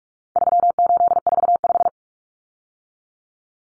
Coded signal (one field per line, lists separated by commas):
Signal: Morse code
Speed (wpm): 44 wpm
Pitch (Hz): 700 Hz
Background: none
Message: 3845